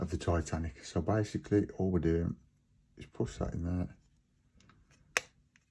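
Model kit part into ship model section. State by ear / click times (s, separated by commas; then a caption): seated / 5.2 s. A part for a Titanic scale model kit is pushed into its mounting on a ship model section, with glue added as well. Someone talks, then after a few faint small sounds it seats with one sharp click at 5.2 s.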